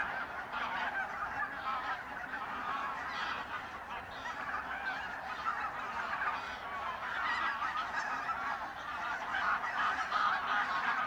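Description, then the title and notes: Goose: geese in a big flock give a steady, overlapping mass of honking calls, a continuous chatter with no breaks throughout. Geese at re-naturalised Polder Glies, Sellstedt, Germany, 9 November 2020; binaural ORTF with two t.bone SC 140 microphones, Rycote windjammer, TASCAM DR100 MK3. "Oies - Geese. Enregistrement binaural d'oiseaux dans la zone re-naturalisé de Polder Glies, Sellstedt, Allemagne. Enregistré le 09 Novembre 2020"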